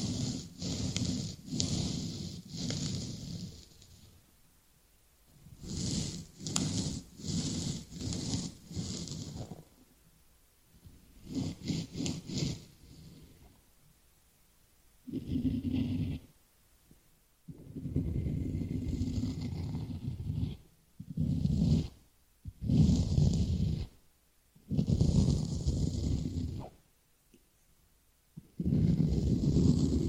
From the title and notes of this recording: This video includes tapping, scratching, crinkle sound, ear cleaning and more.